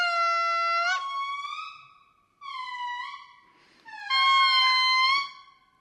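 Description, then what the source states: Lemurs calling together in long wailing siren-like notes with rich harmonics, three drawn-out bouts that slide and waver, the last loudest. Lemurs in Madagascar calling together as a group; the sound resembles an alarm siren.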